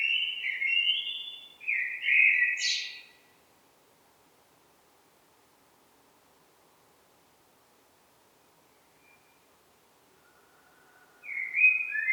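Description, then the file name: Common blackbird song: a mellow fluting phrase with a squeaky high flourish, a long pause, then another phrase beginning. "Turdus merula"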